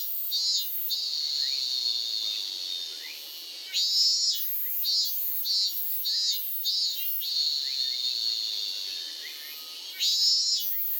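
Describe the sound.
Bird giving a high, buzzy, sustained reeling trill in long stretches, broken by louder short bursts and faint rising notes.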